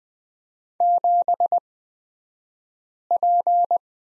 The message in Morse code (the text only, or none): 7P